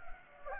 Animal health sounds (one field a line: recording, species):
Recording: mosquito wingbeat signal from an infrared sensor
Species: Anopheles gambiae